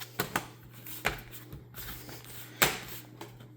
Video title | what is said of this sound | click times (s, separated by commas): Installing a 2TB NVMe SSD in a Gaming Laptop and Upgrading to Windows 11 - "Ben's Tech Support" | line it up till it snaps in place | 0.2 s, 0.4 s, 1.1 s, 2.6 s